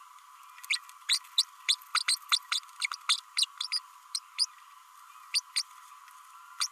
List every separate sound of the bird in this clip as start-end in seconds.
0.70-0.76, 1.08-1.19, 1.38-1.43, 1.68-1.75, 1.94-1.99, 2.08-2.16, 2.31-2.38, 2.51-2.60, 2.81-2.87, 2.93-2.96, 3.09-3.17, 3.37-3.45, 3.72-3.79, 4.38-4.46, 5.34-5.40, 5.56-5.62, 6.60-6.67